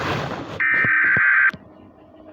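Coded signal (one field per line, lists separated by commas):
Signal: Emergency Alert System (SAME) tones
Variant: header bursts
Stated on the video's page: Fictional mini-scenario Emergency Alert System alert.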